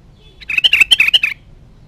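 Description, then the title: Sooty-headed bulbul song: a quick, bubbly phrase of several clear, warbled notes, lasting roughly a second against a quiet background. "Kutilang"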